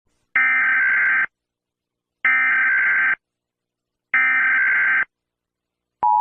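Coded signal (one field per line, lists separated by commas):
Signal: Emergency Alert System (SAME) tones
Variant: header bursts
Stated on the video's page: Fictional EAS scenario; simulated.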